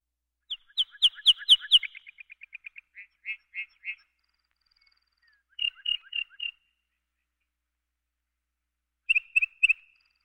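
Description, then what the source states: Lark song: high tinkling notes that run into a string of short chips, then two brief bursts of clipped, repeated notes. The background is quiet. Prairie race.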